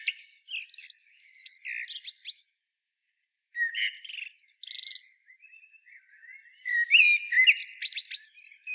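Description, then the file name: Common blackbird: songbird phrases of mixed warbles and thin high squeaky twitters, repeated in bursts with a short silent gap midway. "Turdus merula"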